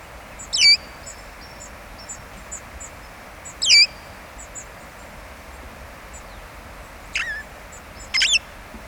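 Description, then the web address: Red-fronted parrot giving four sharp, shrill squawks, the first two about three seconds apart and the last two close together, over faint high ticking chirps. "parrots poicephalus-gulielmi"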